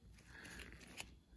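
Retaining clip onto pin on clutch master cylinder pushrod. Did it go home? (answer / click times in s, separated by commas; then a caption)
yes / 1.0 s. On a 2002 Honda Accord, a small retaining clip is pressed onto a pin through a washer on the new part, the clutch master cylinder pushrod at the clutch pedal. Faint scraping and light ticks lead up to a sharp, bright click at 1.0 s. The clip seats; it still spins but sits where it needs to be.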